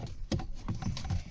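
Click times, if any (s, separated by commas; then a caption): none. The bonnet release cable end on a Vauxhall Corsa is handled at its mounting on the car, being pushed towards the front of the car to lock it in place. A few sharp taps and knocks sound over a low rumble. Nothing has seated or clicked yet.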